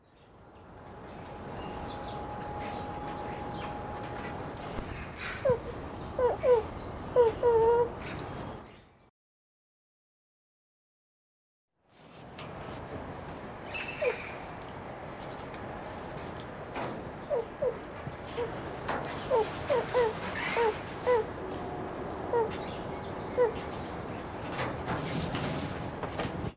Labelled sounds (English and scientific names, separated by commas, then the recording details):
Lar Gibbon (Hylobates lar)
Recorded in captivity
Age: juvenile
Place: Tierpark Berlin, Berlin, DE
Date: 1982-12-24 10:20
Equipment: Nagra SN, Sennheiser MKH 416 T (Automatik), Kopie Uher 4000 Report Monitor
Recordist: Tembrock, Günter
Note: Jungtier mit Lauten, zum Beobachter sehend